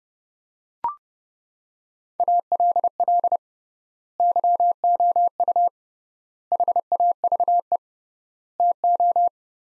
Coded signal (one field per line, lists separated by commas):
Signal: Morse code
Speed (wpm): 32 wpm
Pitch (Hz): 700 Hz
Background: none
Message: ALL YOU HAVE TO